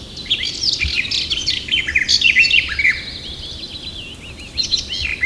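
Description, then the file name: Eurasian blackcap song: a hurried scratchy warble followed by a series of clear, wavering whistled notes. "Sylvia atricapilla"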